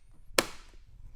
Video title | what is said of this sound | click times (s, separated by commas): Ski-Doo Gen 5 hood removal | clicks into place | 0.4 s